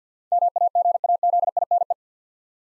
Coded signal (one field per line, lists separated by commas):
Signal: Morse code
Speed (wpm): 50 wpm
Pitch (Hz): 700 Hz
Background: none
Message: MAGAZINE